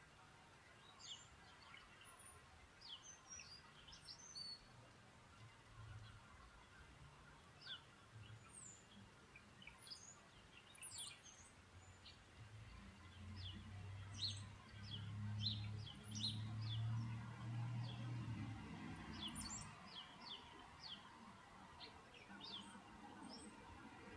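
Birds chirp and tweet throughout, short bright calls scattered densely from start to finish. A steady soft hiss sits underneath, and a low rumble swells from about thirteen to twenty seconds before fading.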